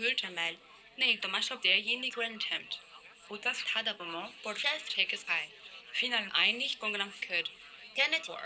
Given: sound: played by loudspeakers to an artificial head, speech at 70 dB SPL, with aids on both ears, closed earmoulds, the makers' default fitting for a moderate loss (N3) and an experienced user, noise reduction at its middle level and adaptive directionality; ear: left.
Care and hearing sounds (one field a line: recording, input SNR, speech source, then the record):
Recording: speech test signal (ISTS) in cocktail-party noise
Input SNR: +9 dB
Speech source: in front (0 degrees)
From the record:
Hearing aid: class 1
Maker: I